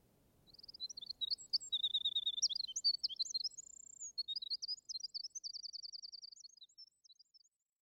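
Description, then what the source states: Winter Wren pouring out a long, high, rapid song of trills and twittering notes with a sustained whistle in the middle; faint low rustling at the start. Library recording played in an audiobook; song very strong for so small a bird, brilliant and plaintive, like a tremulous vibrating tongue of silver, gushing and lyrical.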